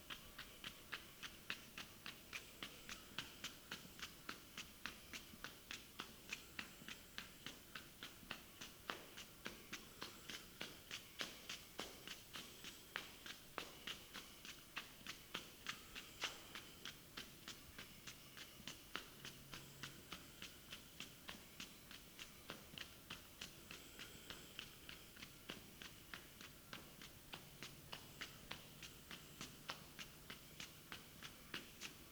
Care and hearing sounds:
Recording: daily activity, guitar pickup as the sensor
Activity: run

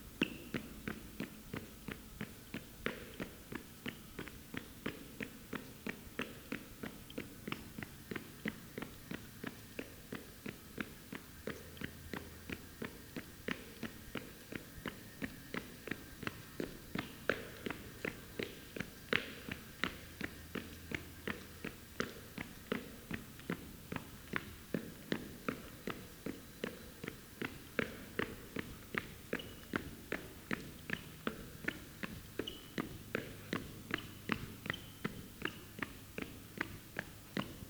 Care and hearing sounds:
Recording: daily activity, guitar pickup as the sensor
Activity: run

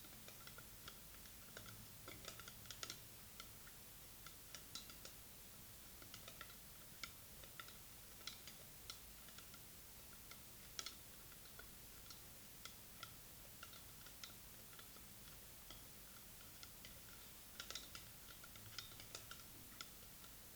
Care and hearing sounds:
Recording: daily activity, guitar pickup as the sensor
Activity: fry

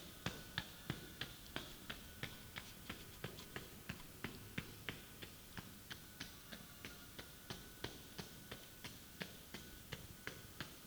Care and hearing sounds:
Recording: daily activity, guitar pickup as the sensor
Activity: run

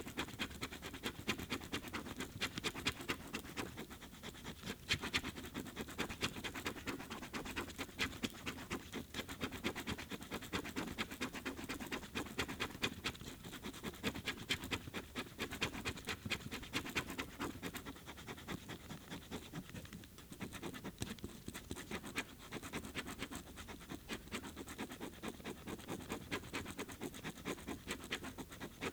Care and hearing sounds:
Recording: daily activity, guitar pickup as the sensor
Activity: write

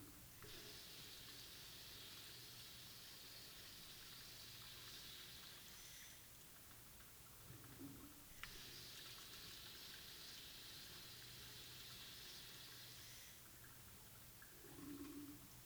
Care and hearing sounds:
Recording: daily activity, guitar pickup as the sensor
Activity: flush

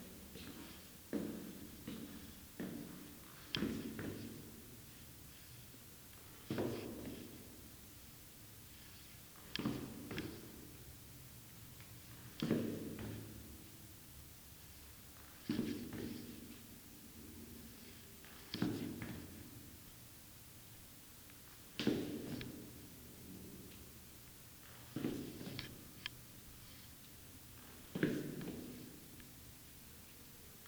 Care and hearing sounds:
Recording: daily activity, guitar pickup as the sensor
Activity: go downstairs

